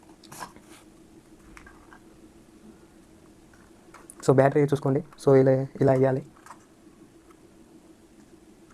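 A DJI Mini 3 Pro flight battery is picked up and lined up, sticker side up, before being slid into the drone's battery bay. Soft handling taps are heard while someone talks. Nothing has seated or clicked yet.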